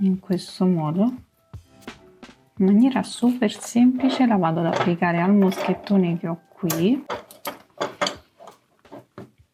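A woman talks while handling a small charm being hooked onto the metal snap-hook clasp on the bamboo handle of a crochet raffia bag, with faint taps and light clinks of handling after she stops speaking. Nothing has seated or clicked shut yet.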